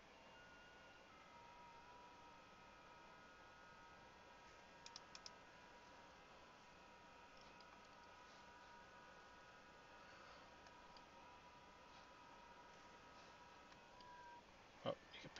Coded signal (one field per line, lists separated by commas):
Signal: FT8